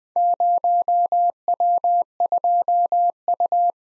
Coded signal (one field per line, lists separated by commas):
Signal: Morse code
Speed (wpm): 20 wpm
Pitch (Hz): 700 Hz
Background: none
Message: 0W2U